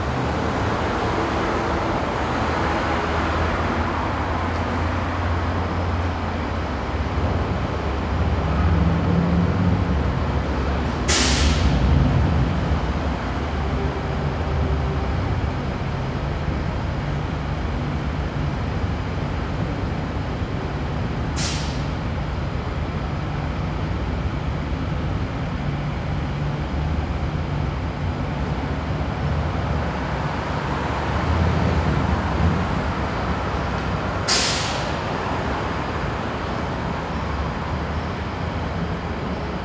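Traffic hums steadily throughout, a dense low rumble of passing vehicles that swells gently around 11 and 32 seconds. Three sharp hissing bursts, like air brakes, cut through at about 11, 21 and 34 seconds.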